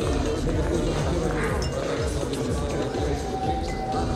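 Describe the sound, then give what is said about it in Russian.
A dense, steady murmur of many overlapping voices fills a busy club where people chat with cocktails in hand, with occasional faint glass clinks rising out of the constant chatter. “Клуб. Люди общаются с коктейлями в руках.”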